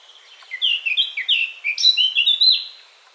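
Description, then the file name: Eurasian blackcap singing a short, dense burst of warbling notes, soft scratchy openers leading into loud, pure whistled flourishes before fading. "Sylvia atricapilla"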